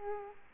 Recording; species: mosquito wingbeat signal from an infrared sensor; Culex quinquefasciatus